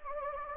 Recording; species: mosquito wingbeat signal from an infrared sensor; Anopheles gambiae